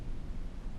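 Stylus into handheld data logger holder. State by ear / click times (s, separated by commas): not seated / none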